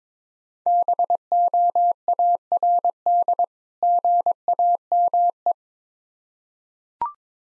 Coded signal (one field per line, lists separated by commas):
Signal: Morse code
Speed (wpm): 22 wpm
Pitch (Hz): 700 Hz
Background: none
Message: BOARD GAME